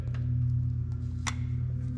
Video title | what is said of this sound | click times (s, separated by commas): GMC Yukon Rough Idle Fix (New Intake Gaskets, Knock Sensors, 02 Sensor and Injectors) | hear it click on there i want to kind of gently pull up on it make sure that it's seated properly | 1.3 s